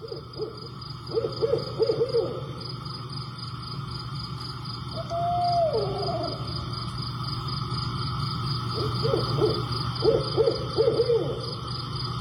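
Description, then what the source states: Barred owl hooting: rhythmic groups of hoots, then one long drawn-out note that falls away, then more hoots, over a steady insect chorus and low hum. Cross Junction, Virginia, USA; sent in by a listener's friend.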